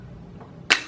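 While assembling a 3.0 Ford short block, a piston fitted with a ring compressor is seated into the engine block cylinder bore: the crankshaft is turned slightly and the piston skirt drops into the bore. A faint soft sound comes at about 0.4 s, then a sharp, loud metallic pop at 0.7 s, fading over the next quarter second. The piston skirt is seated in the bore.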